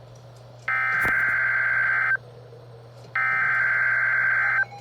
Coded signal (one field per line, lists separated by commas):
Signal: Emergency Alert System (SAME) tones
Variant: header bursts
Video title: Severe Thunderstorm Warning (EAS #292) 3/5/22